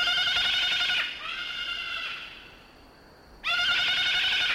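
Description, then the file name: Salmon-crested cockatoo screaming in long harsh blasts, a loud one, a fading quieter one, then a pause before another loud screech. "Cacatuamoluccensis"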